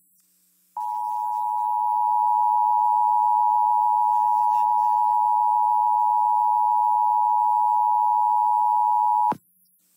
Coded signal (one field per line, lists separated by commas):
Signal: Emergency Alert System (SAME) tones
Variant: 853 and 960 Hz attention tone